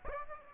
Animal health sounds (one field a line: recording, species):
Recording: mosquito wingbeat signal from an infrared sensor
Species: Aedes aegypti